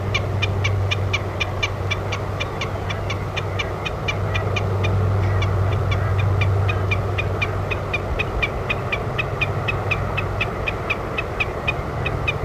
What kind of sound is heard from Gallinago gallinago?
bleating